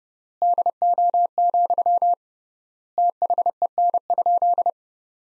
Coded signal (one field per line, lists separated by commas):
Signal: Morse code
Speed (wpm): 30 wpm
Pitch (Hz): 700 Hz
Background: none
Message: DO, THEN?